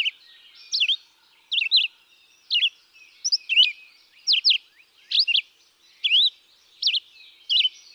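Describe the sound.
Red-eyed vireo song of clipped, whistled up-and-down phrases, one about every second, each separated by a clear pause and slightly changed.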